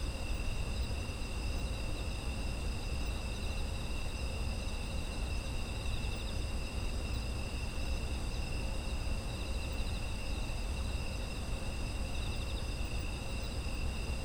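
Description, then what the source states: Insect chorus of constant, high, slightly pulsed trills at multiple pitches, accompanied by a steady low rumble underneath. Autumn insect ambience, presented as background sound.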